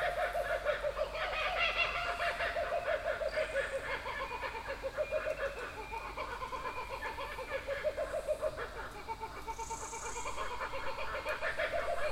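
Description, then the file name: Kookaburra laughter, rollicking harsh chuckles with fast repeated notes throughout, swelling and fading in waves. "kukabara"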